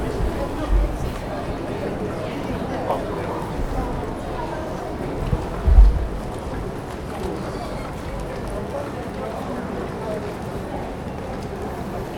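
A busy shopping street full of steady overlapping chatter and footsteps, with a low traffic rumble and brief louder thumps near one and six seconds.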